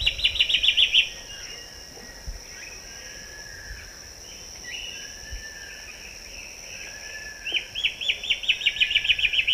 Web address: Natures Songs S America Eastern Lowlands. Hypocnemoides melanopogon, duet